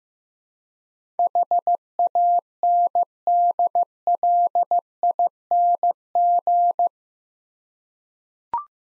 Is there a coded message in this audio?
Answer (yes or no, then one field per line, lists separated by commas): yes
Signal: Morse code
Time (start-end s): 1.2-6.9 s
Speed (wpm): 15 wpm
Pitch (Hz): 700 Hz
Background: none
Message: HANDLING